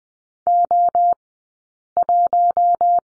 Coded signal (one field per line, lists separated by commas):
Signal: Morse code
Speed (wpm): 20 wpm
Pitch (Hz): 700 Hz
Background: none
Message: O1